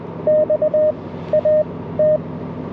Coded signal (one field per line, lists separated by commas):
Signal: Morse code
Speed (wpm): 20 wpm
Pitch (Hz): 590 Hz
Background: none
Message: XAT